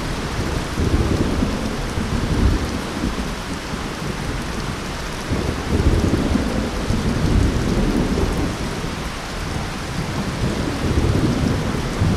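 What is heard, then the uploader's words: Heavy rain pours steadily throughout, a dense hiss spread from low to high. Deep rumbling thunder rolls underneath in slow swells, building around two seconds and again from about six to nine seconds, close and heavy, with no sharp cracks. EPIC THUNDER & RAIN | Rainstorm Sounds.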